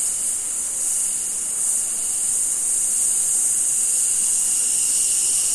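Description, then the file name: Cicadas make a steady, shrill hiss that stays at an even, high pitch throughout. Summer forest in Australia. "zapsplat. nature forest amb summer insects cicada flies australia"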